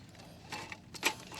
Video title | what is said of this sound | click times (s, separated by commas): CAMP Bukid Pamana | Dito naman yan. May lock siya rito. Kailangan nag-click siya diyan. | 1.1 s